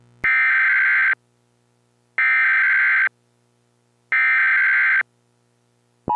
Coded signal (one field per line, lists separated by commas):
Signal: Emergency Alert System (SAME) tones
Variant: header bursts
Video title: Hurricane Frank: An EAS mock Scenario